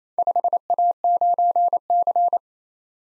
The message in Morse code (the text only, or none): 5A9C